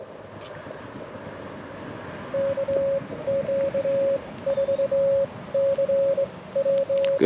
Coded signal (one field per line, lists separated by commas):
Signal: Morse code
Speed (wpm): 21 wpm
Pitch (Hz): 590 Hz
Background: none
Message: KQ4CW